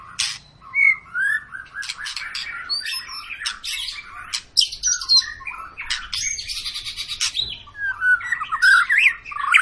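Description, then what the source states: White-rumped shama song: bursts of harsh raspy chatter mixed with whistled and squeaky notes, repeated in uneven loud phrases. Long 'pancingan' lure song of a vigorously singing ('gacor') bird, used to prompt other birds to sing.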